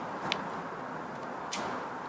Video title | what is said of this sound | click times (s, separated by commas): Wooden Microscope Kit - ECHO | you want to basically move that until it snaps into place so | 0.3 s